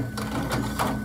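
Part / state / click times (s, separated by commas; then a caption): ink cartridge into large-format printer ink bay / not seated / none. A notched ink cartridge is held label-up and slid into its slot in the ink bay of an Epson P9570/P7570 large-format printer. Soft rustling and sliding handling noise comes in a few brief swells over a low steady hum. The clip ends before the cartridge goes home, and nothing has clicked or seated yet.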